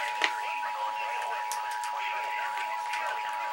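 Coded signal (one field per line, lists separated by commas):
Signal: Emergency Alert System (SAME) tones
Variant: 853 and 960 Hz attention tone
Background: speech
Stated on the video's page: Required monthly test, also transmitted over the air by FM radio stations.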